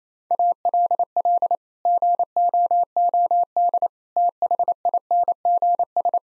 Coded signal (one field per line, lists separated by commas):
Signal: Morse code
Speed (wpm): 28 wpm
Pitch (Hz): 700 Hz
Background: none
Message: ALL GOOD THINGS